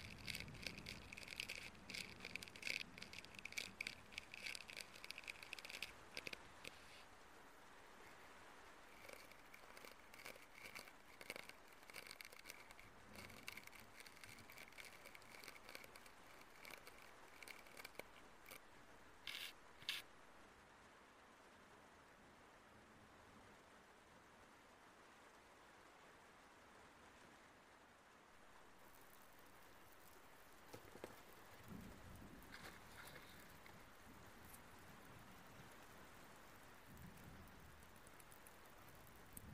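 Crackling squishes of slime and foam are worked, dense and busy for the first several seconds. Then they thin into scattered pops and clicks, fall quiet for a stretch around the middle, and return as softer rustling near the end.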